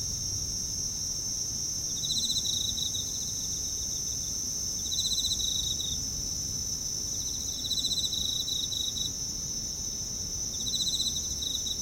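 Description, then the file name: Insects trilling at night in brief pulsed bursts repeated about every three seconds, with a continuous high-pitched insect chorus underneath. Night, Kashiwa Town, Japan; bugs with town ambience; mid-side stereo. "Japan Kashiwa Town Night Bugs and Ambience"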